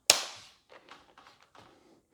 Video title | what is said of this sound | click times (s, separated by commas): RetroRepair: Attempting Repairs on Three Compaq LTE 5000 Series Laptops... Success or Failure? | I always find these CPU covers need a final snap in place once you're all set and done. | 0.1 s